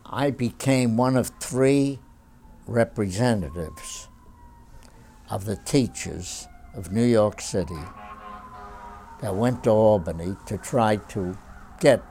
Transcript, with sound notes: I became one of three representatives of the teachers of New York City. ( sirens outside ) I went to Albany to try to get